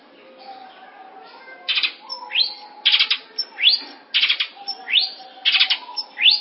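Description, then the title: Long-tailed shrike song in short bursts: a dense buzzy chatter followed by a quick rising whistled sweep, repeated about every 1.3 seconds. "Cendet Pentet"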